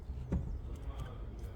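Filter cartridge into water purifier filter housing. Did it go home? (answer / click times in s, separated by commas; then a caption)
yes / 0.3 s. A replacement filter cartridge for a WHP 2300 water purifier is lined up and twisted toward "close" in the filter housing, turned all the way until it clicks. One sharp twist-lock click sounds at 0.3 s over a low background hum, and the cartridge is seated.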